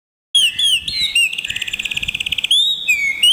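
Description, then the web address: A bird calls: clear, high whistled notes sliding up and down, then a fast, even trill of repeated notes, and finally more slurred whistles. "Chika Pengusir-Hama-Burung-Otomatis. bird Recording 26"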